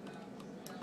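A machine screw is turned backwards (counter-clockwise) with a Phillips screwdriver in the metal rail of a replacement ToneWoodAmp backplate mounted on a guitar body, against a steady low hum with faint ticks. A sharp, bright click at 0.7 s is its thread dropping into the start of the threaded hole. The screw is seated in the grooves and will not strip.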